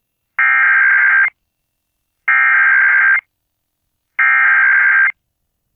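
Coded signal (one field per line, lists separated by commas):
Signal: Emergency Alert System (SAME) tones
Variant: header bursts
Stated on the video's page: Mock AMBER Alert on an AM station, a simulated alert.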